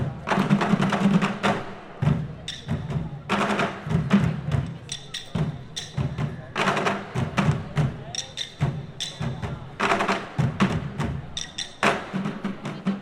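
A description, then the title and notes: Japanese drummers pound on large plastic oil containers in dense, driving bursts of hollow thuds and sharp cracks, with hits clustered in rapid volleys and brief gaps around 2, 6 and 9 seconds. A crowd murmurs underneath, and the drumming carries a ringing echo. Japanese drummers at Ferrara International Buskers Festival. A troupe of masked Japanese drummers using large plastic oil containers as their instruments impresses a large evening crowd, and as the microphone turns we can hear how the sound is being reflected back by a large castle wall behind us.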